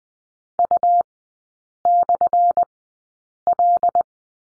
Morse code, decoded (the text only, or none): U/L